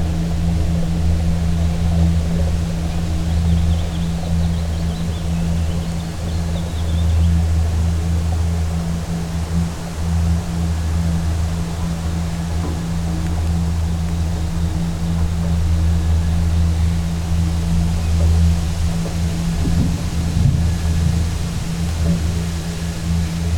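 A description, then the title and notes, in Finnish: Resonances of a structure and ground sounds form a steady, deep drone with several fixed low hum tones that hold for the whole stretch. A faint high whine rises briefly early on, and a few soft knocks stir the hum around twenty seconds. Jani Orbinskin ääniteos vie kuuntelijan matkalle kesäiseen Suomeen. Teos yhdistelee binauraaliäänityksiä ja Geofón-mikrofonilla äänitettyjä maaperän ääniä sekä erilaisten rakenteiden sointeja ja resonansseja.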